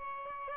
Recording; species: mosquito wingbeat signal from an infrared sensor; Aedes albopictus